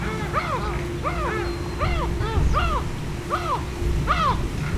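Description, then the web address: Yellow-legged gull giving rapid arched yelps, about two per second in a quick laughing series, with a faint steady hum and low rumbling background. Recorded at fishponds in Hortobágy National Park, Hungary, July 2013. "hortobagyinemzetipark. sargalabusiraly"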